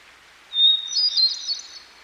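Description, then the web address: Hermit Thrush singing one phrase: a pure sustained opening whistle that gives way to a rapid, ringing tumble of higher fluty notes, with a soft running-water hiss behind. Near a stream. "Dan Gibson Songbirds By The Stream. Hermit Thrush"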